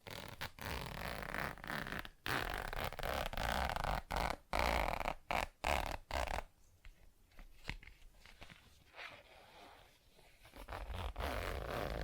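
ASMR scratching and zipper sounds: rough, dense rasping strokes fill the first six seconds, broken by short silent gaps roughly every half second. After that the sound thins into quieter, sparser scratching and rustling, swelling slightly again near the end.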